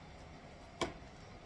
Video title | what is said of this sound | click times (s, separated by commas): Ninja Speciality Coffee Maker Review after 1 Year! | pops back on locks into place and it slides back so boom | 0.8 s